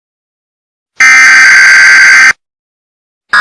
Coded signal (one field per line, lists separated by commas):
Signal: Emergency Alert System (SAME) tones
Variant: header bursts